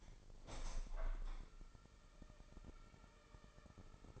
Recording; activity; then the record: daily activity, microphone in the room; open window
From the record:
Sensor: 5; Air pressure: 1000.1 hPa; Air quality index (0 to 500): 246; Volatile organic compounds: 33 ppm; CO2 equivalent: 3025 ppm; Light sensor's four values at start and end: 34/80/32/31 and 34/80/32/31